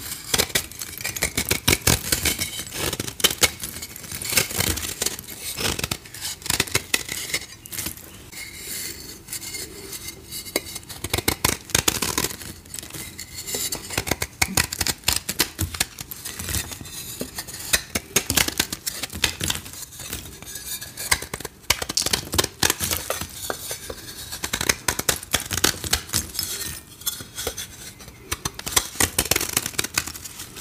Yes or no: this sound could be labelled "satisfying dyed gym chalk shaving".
yes